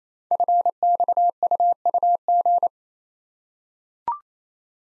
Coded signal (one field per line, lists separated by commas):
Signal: Morse code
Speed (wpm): 27 wpm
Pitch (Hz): 700 Hz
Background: none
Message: FXUUG